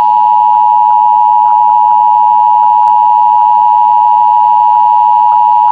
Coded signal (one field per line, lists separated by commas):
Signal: Emergency Alert System (SAME) tones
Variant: 853 and 960 Hz attention tone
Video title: EAS Scenario: SCP-096